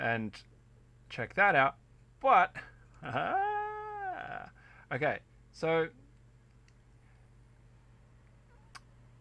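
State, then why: Not seated. Someone talks while pressing a PCB-mount mechanical keyboard switch into a 2.4 mm FR4 board. Faint ticks at about 6.7 s and 8.8 s are only contact sounds as the switch sits in the holes. It does not snap in, and nothing has clicked or seated yet.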